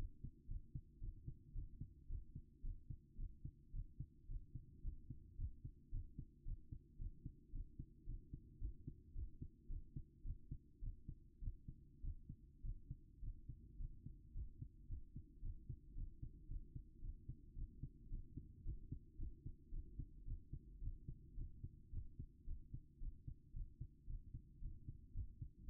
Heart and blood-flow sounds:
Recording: heart sounds by stethoscope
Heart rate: 111 bpm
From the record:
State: after exercise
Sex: female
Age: 27 years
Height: 169 cm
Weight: 63 kg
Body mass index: 22.06

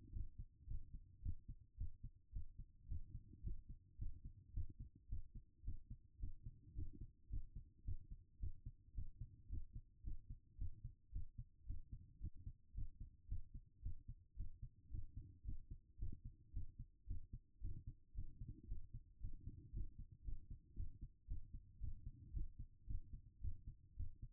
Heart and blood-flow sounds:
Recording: heart sounds by stethoscope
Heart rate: 110 bpm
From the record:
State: after exercise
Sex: female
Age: 36 years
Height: 178 cm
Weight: 74 kg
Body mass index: 23.36

